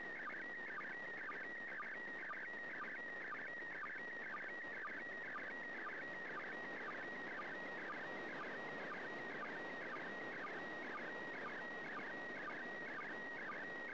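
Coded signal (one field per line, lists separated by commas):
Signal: SSTV (slow-scan television)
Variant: PD120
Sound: steady warbling tone with a short low blip about twice a second, under hiss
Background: radio static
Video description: Transmissions should be on the standard frequency of 145.800 MHz and in the PD 120 format.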